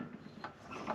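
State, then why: Not seated. The Morse taper shank of a drill chuck is slid by hand into the wound-out tailstock quill of a mini lathe. Faint metallic ticks and handling scrapes are heard, with brief sharp ticks around 0.4 s and 0.9 s. The steel taper has not locked or seated yet.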